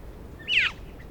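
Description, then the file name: Australasian figbird giving a single harsh downslurred note, with faint background noise. "Sphecotheres Vieilloti"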